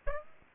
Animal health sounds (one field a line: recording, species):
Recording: mosquito wingbeat signal from an infrared sensor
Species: Aedes aegypti